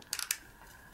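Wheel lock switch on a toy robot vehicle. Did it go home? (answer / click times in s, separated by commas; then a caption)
released / 0.3 s. A small plastic release switch on the wheel lock of a DX Soul of Chogokin Voltes V (Volt in Box) toy robot vehicle is pressed to unlock the wheels. Short, bright clicks are heard around 0.1 to 0.2 s, then the loudest click at 0.3 s as the lock releases, followed by another sharp tick at 1.0 s. The wheels are released and turn again.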